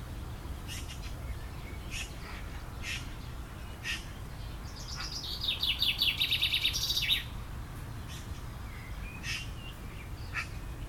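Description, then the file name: Eurasian magpie, a short harsh rattle of quick repeated notes midway, surrounded by scattered brief chirps and clicks over steady low background noise. "Pica pica"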